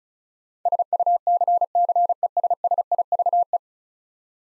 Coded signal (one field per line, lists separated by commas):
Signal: Morse code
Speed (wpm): 36 wpm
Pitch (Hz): 700 Hz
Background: none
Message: SUCCESSIVE